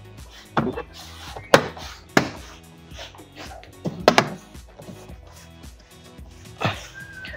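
After the top edge is hooked in, a plastic interior door trim piece on a car is pressed by hand so its clips snap into the metal door frame. Sharp clicks ring out at 0.6, 1.5, 2.2 and 4.1 seconds over background music, with a softer knock around 6.6 seconds, and someone talks. The trim clips are seated home.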